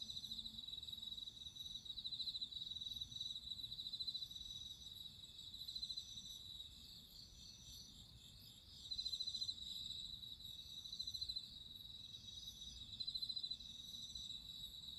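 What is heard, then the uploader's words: Crickets sing in a dense, steady high trill at night, swelling in pulses every few seconds over a faint low rumble. Listen to nature crickets singing at midnight.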